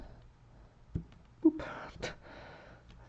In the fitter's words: I love hearing that little click when it goes in. That just lets me know that it's done.